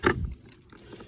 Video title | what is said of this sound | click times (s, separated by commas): Review: masters of the universe Castle Grayskull ,and power con set. ￼ | he doesn't latch in there very well but he does latch in there | 0.1 s